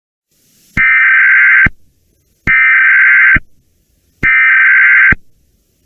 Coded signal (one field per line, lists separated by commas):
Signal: Emergency Alert System (SAME) tones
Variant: header bursts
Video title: Online Radio Relay Mayhem | EAS 78-89